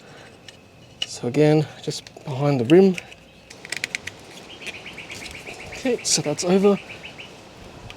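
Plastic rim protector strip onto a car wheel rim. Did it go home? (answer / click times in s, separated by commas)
no / none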